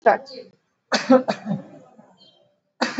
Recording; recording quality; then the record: heavy voluntary cough; excellent, no background noise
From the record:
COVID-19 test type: RT-PCR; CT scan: not taken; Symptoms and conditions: cough, cold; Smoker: no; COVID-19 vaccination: both doses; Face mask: worn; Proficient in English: yes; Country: India